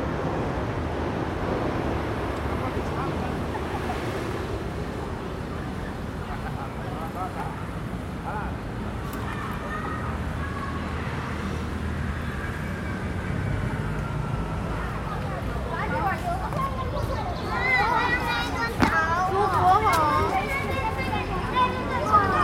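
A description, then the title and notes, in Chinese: At dusk in a park, a steady wash of traffic and people's voices fills the clip. Through the first half it stays a dense, even murmur with low engine rumble. From about fifteen seconds birds returning to the trees grow louder, with bright, busy chirping that comes to dominate by the end. 傍晚，樹德公園和它的週邊。隨著四週放學和下班車聲一同響起的，不只公園裡的人聲，也有樹上回巢的鳥們。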